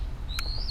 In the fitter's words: So there, you got an audible click.